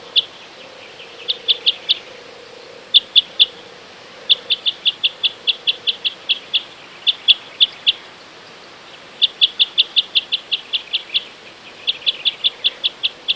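Common crossbill calling: quick bursts of hard, high 'kip' notes in clusters separated by short pauses.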